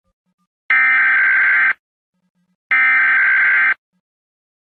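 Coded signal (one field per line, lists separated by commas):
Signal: Emergency Alert System (SAME) tones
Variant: header bursts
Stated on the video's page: Required Monthly Test relayed by a TV station with police station override, a recreation edited in editing software.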